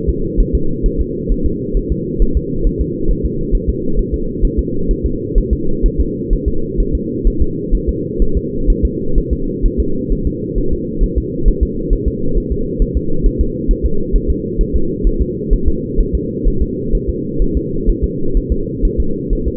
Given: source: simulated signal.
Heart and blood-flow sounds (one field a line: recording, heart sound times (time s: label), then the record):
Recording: fetal heart sounds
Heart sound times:
0.09 s: S2
0.40 s: S1
0.55 s: S2
0.86 s: S1
1.01 s: S2
1.32 s: S1
1.46 s: S2
1.77 s: S1
1.92 s: S2
2.22 s: S1
2.37 s: S2
2.67 s: S1
2.81 s: S2
3.11 s: S1
3.25 s: S2
3.55 s: S1
3.70 s: S2
3.99 s: S1
4.14 s: S2
4.45 s: S1
4.59 s: S2
4.91 s: S1
5.06 s: S2
5.38 s: S1
5.53 s: S2
5.86 s: S1
6.00 s: S2
6.33 s: S1
6.48 s: S2
6.80 s: S1
6.95 s: S2
7.27 s: S1
7.42 s: S2
7.75 s: S1
7.89 s: S2
8.22 s: S1
8.37 s: S2
8.70 s: S1
8.85 s: S2
9.18 s: S1
9.33 s: S2
9.66 s: S1
9.80 s: S2
10.12 s: S1
10.27 s: S2
10.58 s: S1
10.73 s: S2
11.04 s: S1
11.18 s: S2
11.48 s: S1
11.63 s: S2
11.93 s: S1
12.08 s: S2
12.38 s: S1
12.52 s: S2
12.82 s: S1
12.97 s: S2
13.26 s: S1
13.41 s: S2
13.71 s: S1
13.86 s: S2
14.16 s: S1
14.30 s: S2
14.61 s: S1
14.76 s: S2
15.07 s: S1
15.22 s: S2
15.54 s: S1
15.68 s: S2
16.01 s: S1
16.15 s: S2
16.48 s: S1
16.62 s: S2
16.95 s: S1
17.09 s: S2
17.42 s: S1
17.57 s: S2
17.90 s: S1
18.04 s: S2
18.37 s: S1
18.52 s: S2
18.85 s: S1
19.00 s: S2
19.33 s: S1
19.48 s: S2
From the record:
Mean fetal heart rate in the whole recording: 130 bpm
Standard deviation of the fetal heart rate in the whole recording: 2 bpm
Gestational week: 38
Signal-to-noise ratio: -8.1 dB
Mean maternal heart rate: 72 bpm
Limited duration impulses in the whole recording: absent